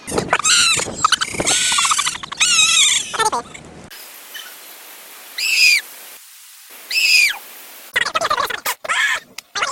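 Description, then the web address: Goat bleats, a loud quavering series at first, then a few separate higher cries spaced out, ending in rapid rough calls. "goat"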